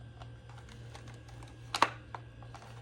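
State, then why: Seated. A plastic baby-food pouch spout is pushed into its slot on a plastic pouch-filling station over a steady low hum and a few faint taps. It snaps in with a sharp, quick double click at about 1.8 s, followed by a softer tap near 2.2 s. The spout is seated.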